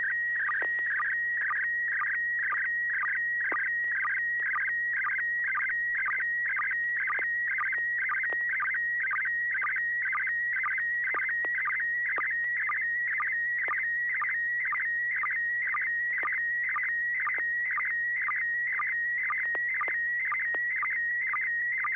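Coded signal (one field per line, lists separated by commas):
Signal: SSTV (slow-scan television)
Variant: PD120 mode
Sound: steady high whistle broken by rapid regular warbling chirps and low sync blips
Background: low hum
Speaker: let me do a quick tone test [Music] the floor is yours here we go pd120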